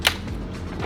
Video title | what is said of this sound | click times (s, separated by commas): Portable FOAM Cannon Pressure Washer! No More Scratches! Free Pressure Washer Giveaway Inside! | wow clicks right into place | 0.1 s